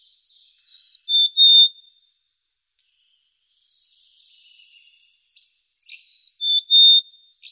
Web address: le chant des oiseaux la nuit dans les montagnes par temps calme